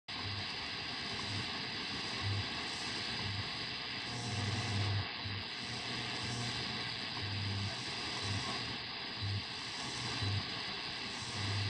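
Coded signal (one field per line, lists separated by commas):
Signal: radio time signal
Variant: WWV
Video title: Radio Station WWV 5.000.0 kHz. US-Fort Collins-Colorado. [ NIST; Señal Horaria. ]. Summer/Verano. 🎧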